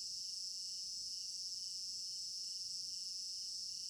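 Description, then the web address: Crickets in a constant high, ringing chorus, joined by a lower trill beating evenly. Crickets in an African village garden at night, recorded in stereo binaural. "African-Village Garden Night Crickets Stereo-Binaural. immersive sound library"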